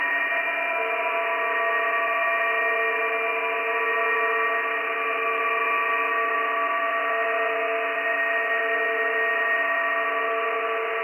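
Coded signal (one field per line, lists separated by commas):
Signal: PSK31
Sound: steady band of hiss with several faint warbling steady tones at different pitches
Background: radio static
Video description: PSK31 Random Compilation using RTL2838/R820T SDR Dongle on 14 MHz HF with NooElec Upconverter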